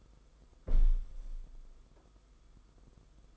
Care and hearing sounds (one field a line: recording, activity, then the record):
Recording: daily activity, microphone in the room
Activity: close window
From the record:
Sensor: 5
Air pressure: 990.5 hPa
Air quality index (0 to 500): 164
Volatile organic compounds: 301 ppm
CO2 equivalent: 4484 ppm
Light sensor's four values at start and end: 17/39/16/18 and 17/39/16/17